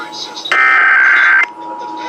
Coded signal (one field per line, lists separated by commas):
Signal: Emergency Alert System (SAME) tones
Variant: header bursts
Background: speech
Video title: 2023 National Periodic Test on Several Radio Stations and WEA Activation (EAS #3613-3620)